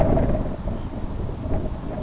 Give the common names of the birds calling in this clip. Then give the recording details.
Red Phalarope. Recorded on Arctic tundra, site IGLO-B, on 24 June 2018. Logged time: 01:59